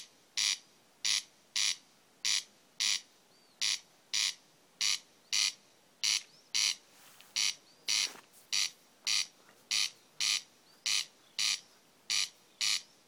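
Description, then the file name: Corn crake uttering loud, dry rasping crex notes in a steady repeated series, a brief faint other sound just past the middle. "Åkerrikse 300611"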